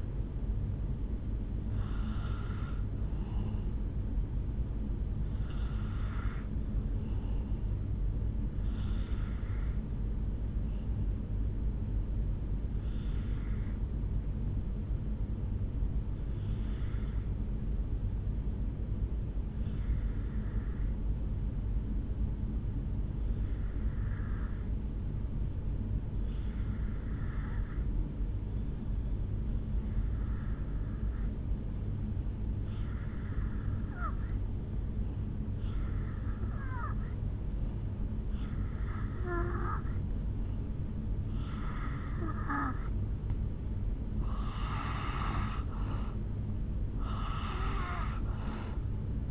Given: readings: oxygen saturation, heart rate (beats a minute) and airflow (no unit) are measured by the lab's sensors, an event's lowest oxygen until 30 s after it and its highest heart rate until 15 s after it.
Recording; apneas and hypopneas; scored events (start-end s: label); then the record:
breathing in sleep by a smartphone at the bedside; 1
14.00-49.31 s: new sleep stage, N2 (light sleep)
16.00-43.70 s: obstructive apnea (N2, oxygen 97% highest, then 82% lowest, heart rate 52 at the start, 68 highest)
From the record:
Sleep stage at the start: N1 (lightest sleep); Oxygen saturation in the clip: 79 to 97%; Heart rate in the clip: 51 to 71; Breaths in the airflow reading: 3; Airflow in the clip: -5.0 to 3.3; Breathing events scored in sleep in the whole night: 449 in 7.0 hours asleep